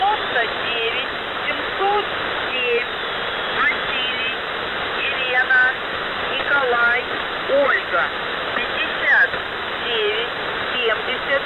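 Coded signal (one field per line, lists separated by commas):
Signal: coded military voice message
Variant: Russian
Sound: a voice reading short words and numbers through heavy hissing radio noise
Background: radio static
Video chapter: 01:03 - Воздух Охват-98 99707 ВЕНО 5970 2625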